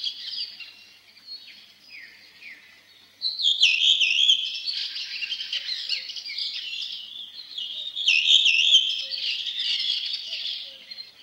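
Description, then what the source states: Redwing song: quiet high twittering at first, then from about three seconds a louder burst of chattering, squeaky twittering notes that repeats near eight seconds. Sings tirelessly in old parks and forest clearings; song opens with a loud whistled trill followed by quiet twittering.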